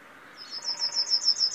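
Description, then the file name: Marsh tit call: a rapid, even string of high chattering notes that grows steadily louder over about a second. "Poecile palustris"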